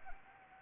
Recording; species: mosquito wingbeat signal from an infrared sensor; Anopheles arabiensis